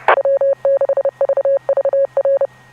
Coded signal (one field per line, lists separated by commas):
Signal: Morse code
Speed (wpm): 30 wpm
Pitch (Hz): 550 Hz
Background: none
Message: W6VVR